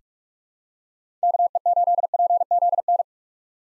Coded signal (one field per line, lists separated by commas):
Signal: Morse code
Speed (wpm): 41 wpm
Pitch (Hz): 700 Hz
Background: none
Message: KE8PZN